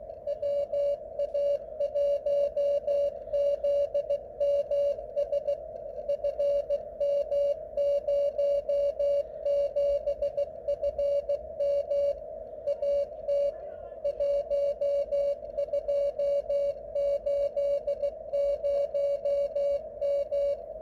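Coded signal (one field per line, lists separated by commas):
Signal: Morse code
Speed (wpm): 16 wpm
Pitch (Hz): 570 Hz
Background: radio noise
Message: WA1ZMS FM07FM AT 1280M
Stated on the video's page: CW beacon on 2 meters received on an Elecraft KX3.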